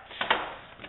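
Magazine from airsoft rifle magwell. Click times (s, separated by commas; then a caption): 0.2 s, 0.3 s. The magazine release button on a VFC MK17 SCAR H airsoft rifle is pressed, and the magazine drops out of the magwell. Two sharp clicks are heard at 0.2 and 0.3 seconds, followed by a faint tap near 0.85 seconds. The magazine is released.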